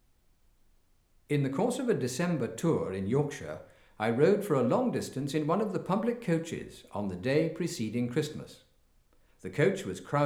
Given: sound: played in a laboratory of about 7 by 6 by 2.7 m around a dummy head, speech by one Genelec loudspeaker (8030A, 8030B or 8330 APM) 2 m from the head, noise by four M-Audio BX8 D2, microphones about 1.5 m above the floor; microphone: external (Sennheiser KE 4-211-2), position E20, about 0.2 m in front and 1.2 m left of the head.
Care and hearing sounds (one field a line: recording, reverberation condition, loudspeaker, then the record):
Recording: male speech in English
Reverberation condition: medium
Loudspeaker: 60 degrees to the left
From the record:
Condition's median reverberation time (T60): about 510 ms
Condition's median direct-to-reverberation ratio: about -0.5 dB